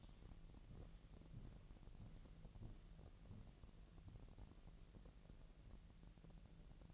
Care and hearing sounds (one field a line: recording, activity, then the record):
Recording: daily activity, microphone in the room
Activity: walk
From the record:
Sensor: 4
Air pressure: 1002.8 hPa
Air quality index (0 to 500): 249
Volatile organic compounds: 28 ppm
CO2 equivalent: 2913 ppm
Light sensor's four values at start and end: 8/18/7/7 and 8/18/7/7